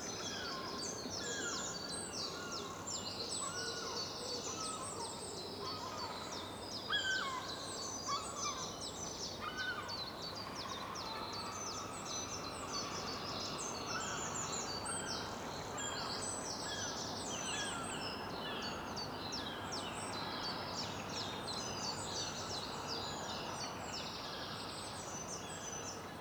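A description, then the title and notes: At dawn in a park, a dense chorus of birds chirps and trills almost without pause, high, bright calls overlapping from several directions. Beneath them runs a steady low rumble, likely traffic, with a slightly louder call standing out around seven seconds. Northumberland Park, 260320 ~0550. My current * lockdown * ritual is to head out on my ｇｏｖｅｒｎｍｅｎｔ ｍａｎｄａｔｅｄ walk to the park down the road around dawn. I'm usually there ahead of dog walkers, joggers etc.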